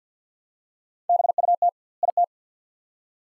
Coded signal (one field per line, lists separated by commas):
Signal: Morse code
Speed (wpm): 50 wpm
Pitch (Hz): 700 Hz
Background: none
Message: BUT IT